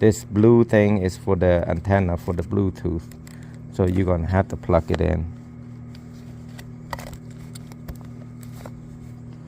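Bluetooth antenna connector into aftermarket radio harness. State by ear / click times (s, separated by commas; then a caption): seated / 6.9 s. Someone talks while plugging the blue Bluetooth antenna lead's plastic connector into the aftermarket Android radio harness during a 2003–06 Chevy Tahoe/GMC radio install. After the talking stops there are a few faint handling ticks, then a sharp snap at 6.9 s as the connector seats.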